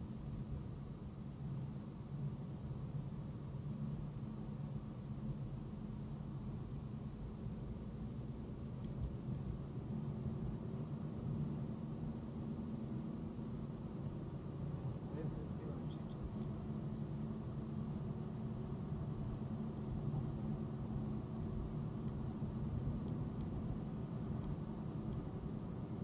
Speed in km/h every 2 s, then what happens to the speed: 58, 61, 60, 58, 58, 61, 66, 71, 74, 74, 74, 76, 76.
0-8 steady at about 58. 8-16 speeds up to 74. 16-26 steady at about 74.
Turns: none.